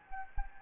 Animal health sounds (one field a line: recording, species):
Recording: mosquito wingbeat signal from an infrared sensor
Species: Anopheles gambiae